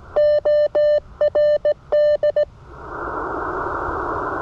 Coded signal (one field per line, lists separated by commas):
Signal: Morse code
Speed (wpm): 17 wpm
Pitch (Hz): 590 Hz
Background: none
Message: ORD